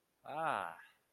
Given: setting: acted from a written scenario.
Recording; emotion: vocal sound without words; contentment